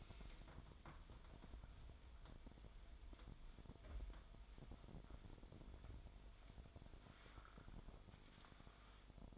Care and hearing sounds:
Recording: daily activity, microphone in the room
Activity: wipe stove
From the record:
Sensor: 5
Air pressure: 1003.4 hPa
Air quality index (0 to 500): 142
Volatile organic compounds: 2 ppm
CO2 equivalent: 1036 ppm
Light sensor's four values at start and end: 32/73/32/37 and 31/70/31/36

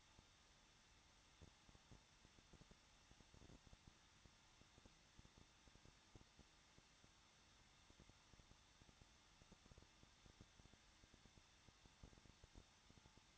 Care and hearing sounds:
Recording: daily activity, microphone in the room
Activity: no activity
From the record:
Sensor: 3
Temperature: 21.2 degrees Celsius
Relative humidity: 36.4%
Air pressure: 1006.3 hPa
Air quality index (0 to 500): 223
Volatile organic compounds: 43 ppm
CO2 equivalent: 3196 ppm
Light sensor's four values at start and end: 2/3/2/2 and 2/3/2/2

